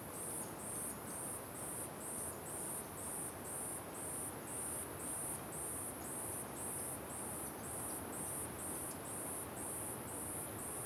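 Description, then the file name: Crickets giving evenly spaced, shrill pulsed chirps throughout, with a dense rush of wind underneath. Ambience with strong wind and crickets at the Simão Correa waterfall. "Ambiencia com Vento Forte Passaros e Grilos na Cachoeira Simao Correa"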